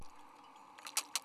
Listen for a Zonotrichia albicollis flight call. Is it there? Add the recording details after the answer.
no. No flight call is heard. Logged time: 03:55 on 17 November 2014